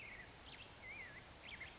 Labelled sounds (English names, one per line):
Black-headed Grosbeak